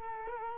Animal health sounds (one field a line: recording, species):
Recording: mosquito wingbeat signal from an infrared sensor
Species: Culex quinquefasciatus